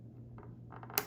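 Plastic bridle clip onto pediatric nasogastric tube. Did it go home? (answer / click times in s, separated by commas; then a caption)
yes / 1.0 s. A plastic bridle clip is closed over a pediatric nasogastric tube and tape, with faint handling rustles around 0.4 s and 0.8 s over a steady low hum. A sharp, loud snap at 1.0 s marks the clip seating shut on the tube.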